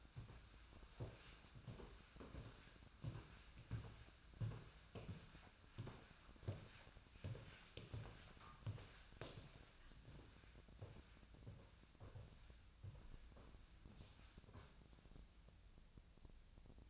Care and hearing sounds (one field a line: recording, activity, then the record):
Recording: daily activity, microphone in the room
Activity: walk to room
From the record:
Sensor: 2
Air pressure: 1009.9 hPa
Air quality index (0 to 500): 177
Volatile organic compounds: 10 ppm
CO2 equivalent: 2212 ppm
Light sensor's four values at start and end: 35/87/37/41 and 35/88/38/42